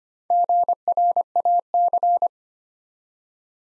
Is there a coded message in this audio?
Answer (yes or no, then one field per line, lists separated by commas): yes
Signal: Morse code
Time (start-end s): 0.3-2.3 s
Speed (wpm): 25 wpm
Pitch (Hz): 700 Hz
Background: none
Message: GRAC